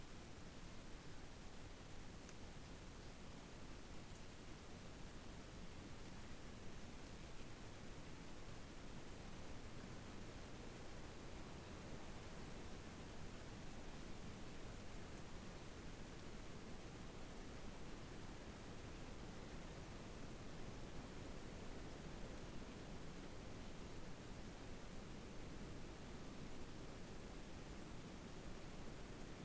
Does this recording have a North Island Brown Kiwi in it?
no